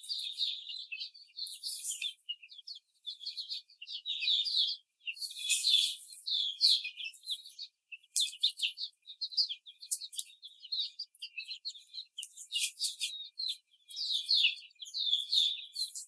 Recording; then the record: young laying hens in a cage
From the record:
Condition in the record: before the stressor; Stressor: simulated dog barking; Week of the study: 4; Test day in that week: 3